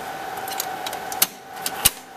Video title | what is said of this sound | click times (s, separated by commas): Velocity Tech Solutions - How to Replace a System Board on a ProLiant DL380 G5 Server | and that lock into place | 1.2 s, 1.9 s